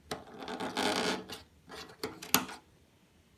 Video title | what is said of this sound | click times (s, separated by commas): How I replaced my fluorescent light tube | Locked. So it secures | 2.3 s